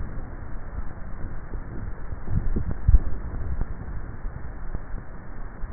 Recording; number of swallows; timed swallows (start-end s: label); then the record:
swallowing sounds by neck microphone; 1
2.38-3.12 s: swallow
From the record:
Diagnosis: dysphagia